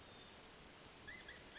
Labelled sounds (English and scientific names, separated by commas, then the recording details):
California Quail (Callipepla californica)
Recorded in Sonoma County, California